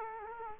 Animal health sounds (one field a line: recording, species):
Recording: mosquito wingbeat signal from an infrared sensor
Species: Culex quinquefasciatus